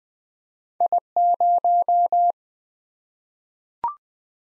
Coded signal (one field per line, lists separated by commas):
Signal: Morse code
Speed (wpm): 20 wpm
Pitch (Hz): 700 Hz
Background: none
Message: I0